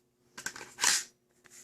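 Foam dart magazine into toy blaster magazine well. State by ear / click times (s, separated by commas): seated / 0.5 s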